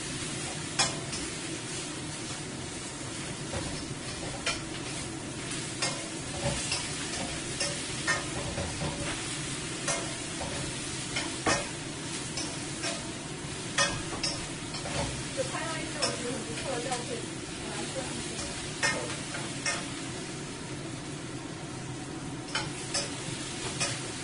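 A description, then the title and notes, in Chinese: Food is stir-fried over high heat: a steady, dense sizzle and low roar of the flame run through the whole clip. Sharp clacks and scrapes of a spatula against the wok come irregularly, every second or so, bright. 这一期的厨房电台有爆炒的声音。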